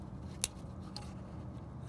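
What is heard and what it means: The plastic electrical connector on the wiring harness of a 2013–2017 Honda Accord starter motor is pushed into its mating half and snaps home with one sharp click at 0.4 s. A fainter tick follows at 1.0 s and a soft noise at 1.9 s over a steady low hum. The connector is seated.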